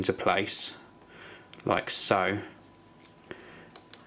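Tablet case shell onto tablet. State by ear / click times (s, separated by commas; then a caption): seated / 3.3 s, 3.8 s, 3.9 s. Someone talks while the plastic inner shell of an Otterbox Defender Series rugged case is pressed into place around an iPad 2 tablet. Sharp clicks at 3.3, 3.8 and 3.9 seconds mark the shell clicking in at the bottom, seated.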